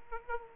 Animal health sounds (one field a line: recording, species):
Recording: mosquito wingbeat signal from an infrared sensor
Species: Aedes aegypti